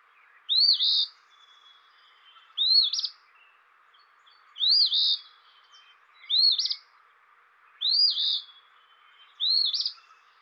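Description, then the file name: Eastern phoebe singing its burry two-part 'fee-bee' phrase, repeated about every two seconds, six phrases in all, over a faint steady background hiss. "dan gibsons solitudes eastern phoebe"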